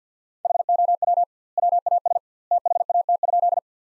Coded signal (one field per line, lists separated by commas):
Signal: Morse code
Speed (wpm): 50 wpm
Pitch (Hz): 700 Hz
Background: none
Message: HOW WAS THAT?